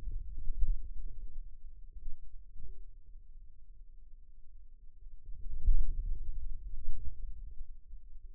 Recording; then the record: forearm muscle sounds (acoustic myography)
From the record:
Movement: pen grasping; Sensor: system 2, bracelet of six BSWA MPA416 microphones around the upper forearm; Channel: 2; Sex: male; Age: 22 years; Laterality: right